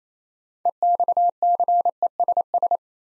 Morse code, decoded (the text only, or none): EXCESS